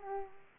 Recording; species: mosquito wingbeat signal from an infrared sensor; Aedes aegypti